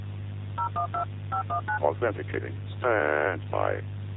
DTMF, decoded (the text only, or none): 012519